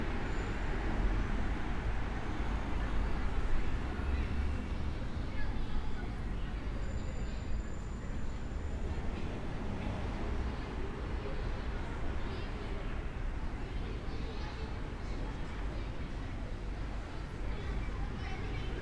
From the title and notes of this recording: Binaural Roman City Walk | City of Bath. Walk through the historic city of Bath.